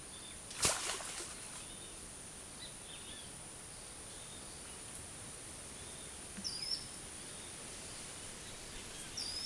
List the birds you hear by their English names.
Ochre-lored Flatbill